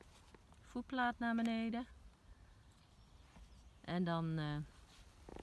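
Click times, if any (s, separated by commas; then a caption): none. Someone talks while handling the swing-away legrest and footplate of a rental wheelchair, which is being turned back toward the front of the wheelchair frame to lock in place. A few faint small knocks are heard near the start and again right at the end. Nothing has seated or clicked yet.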